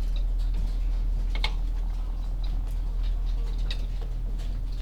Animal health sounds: poultry house recording; sick chickens (respiratory disease)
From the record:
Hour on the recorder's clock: 10

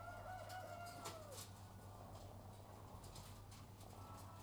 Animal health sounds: poultry house recording; sick chickens (respiratory disease)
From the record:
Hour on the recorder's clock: 12

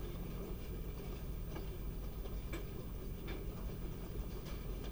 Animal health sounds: poultry house recording; no chicken sound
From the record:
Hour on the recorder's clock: 2

